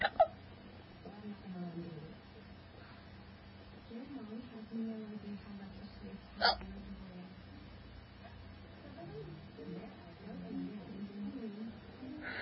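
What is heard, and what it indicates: An adult talks softly while sharp, abrupt hiccups break in, about four or five in all, two in quick succession near the end. Each is a brief, clicking gulp cutting across the speech, typical of repeated involuntary diaphragm spasms.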